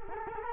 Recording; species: mosquito wingbeat signal from an infrared sensor; Culex quinquefasciatus